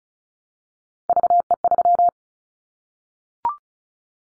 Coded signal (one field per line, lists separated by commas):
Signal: Morse code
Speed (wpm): 36 wpm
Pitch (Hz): 700 Hz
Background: none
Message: VE3